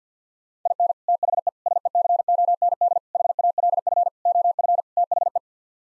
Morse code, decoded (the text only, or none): IN THE SECOND HALF OF THE